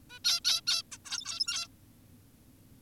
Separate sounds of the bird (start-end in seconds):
0.10-0.19, 0.25-0.40, 0.45-0.61, 0.67-0.83, 0.92-0.97, 1.05-1.68